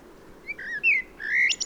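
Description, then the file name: Common blackbird song fragment: a few short fluty warbled notes, then a rising high squeaky flourish at the end. "Turdus merula"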